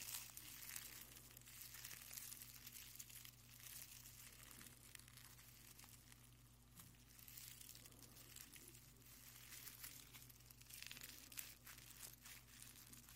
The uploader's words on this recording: 냅킨 바스락 바스락 만지는 소리 napkin crinkle & touching sound. 이번 영상은 냅킨 만지작 하는 소리를 녹음했어요...